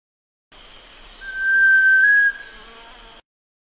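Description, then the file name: Sunbittern song: a single long, pure whistled note held steady for about a second, with a thin, constant high-pitched hum in the background. "canto do pavaozinho do para"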